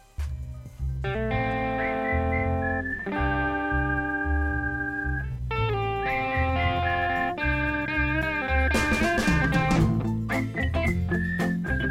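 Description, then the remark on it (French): A song intro with a melody whistled by the singer, long held notes gliding between pitches over a steady, thumping bass rhythm, loud and continuous, with a wavering higher line near the end. “J'fais une intro en sifflant avec un plan sur mon boule.”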